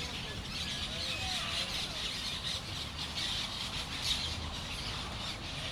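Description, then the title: Parrot flock calls, continuous harsh chatter from many birds with a few sharper squawks, a low rumble running under it all. Parrots at sunset in Crespo. "Loros En Crespo"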